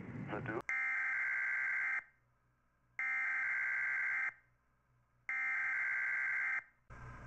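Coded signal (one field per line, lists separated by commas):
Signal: Emergency Alert System (SAME) tones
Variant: header bursts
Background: speech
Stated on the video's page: NOAA Weather Radio tornado warning with old computer voice, Central Pennsylvania.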